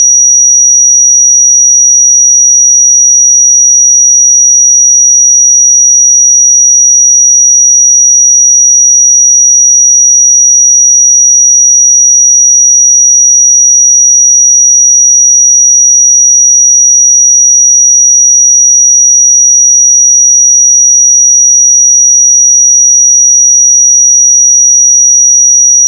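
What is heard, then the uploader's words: A pure 5785 Hz sine tone holds perfectly steady and bright at an unchanging level for the whole clip, with no other sounds. 5785 Hz 1 Hz Interval Sine Pure Tone Frequency 441000 Sample Mono.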